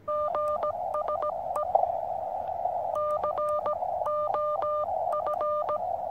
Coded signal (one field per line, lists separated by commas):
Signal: Morse code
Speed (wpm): 17 wpm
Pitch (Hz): 1200 Hz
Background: none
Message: GSE COF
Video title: Savoir Comment Envoyer Votre Position Par Radio Peut Sauver Des Vies.